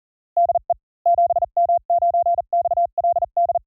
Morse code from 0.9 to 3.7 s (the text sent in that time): 7M9XLD